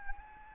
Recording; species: mosquito wingbeat signal from an infrared sensor; Anopheles arabiensis